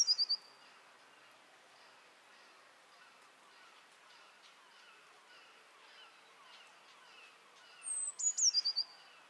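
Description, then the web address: Eurasian blue tit: a clipped phrase at the start, then a full one near the end: high, thin notes sliding down into a quick series of evenly repeated notes. Faint background chatter from other birds. "SETE Cyanistes caeruleus"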